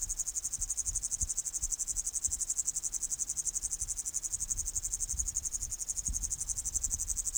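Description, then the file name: Upland green bush-cricket song: a continuous high, buzzy trill of rapid pulses, steady throughout with faint low thumps beneath. "Tettigonia cantans"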